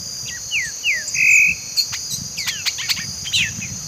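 Bird producing a few falling whistles and one sustained flat note, with a continuous high insect whine and low background noise.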